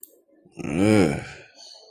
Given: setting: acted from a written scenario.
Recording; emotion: vocal sound without words; contempt